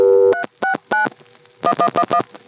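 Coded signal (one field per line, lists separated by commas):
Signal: DTMF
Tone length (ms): 80 ms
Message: 369 1111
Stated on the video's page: Multi-frequency signalling from an NX1 crossbar exchange.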